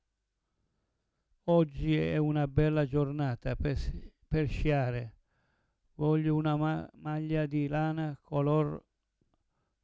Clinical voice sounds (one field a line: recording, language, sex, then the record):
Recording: read phrases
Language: Italian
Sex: male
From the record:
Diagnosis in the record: Parkinson's disease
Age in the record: 70 years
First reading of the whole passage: 112 s, 4.6 characters per second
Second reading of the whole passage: 107 s, 4.9 characters per second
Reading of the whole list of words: 68 s, 4.1 characters per second